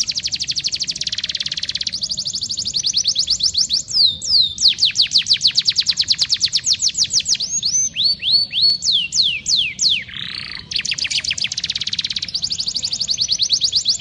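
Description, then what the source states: Canary song, loud and unbroken, shifting between dense high trills, fast rolling note series and slurred downward whistles throughout. Highly vocal (gacor) canary song used as training material (masteran) to teach song to other birds.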